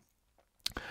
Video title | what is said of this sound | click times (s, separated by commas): Rolex Datejust Turn-O-Graph 116264 4K Watch Review | pulling it out to the second click position is the time setting position | 0.7 s